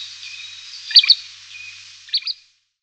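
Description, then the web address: Great grey shrike song: two brief pairs of sharp, high chirping notes about a second apart over a faint hiss. "Schulze Peter Great Grey Shrike song"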